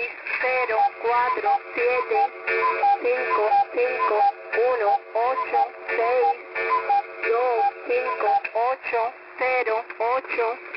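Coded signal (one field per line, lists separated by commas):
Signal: numbers station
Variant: HM01, Spanish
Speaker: you can hear the clock in the background it sounds like um OHS XP app let's play this video [Applause] now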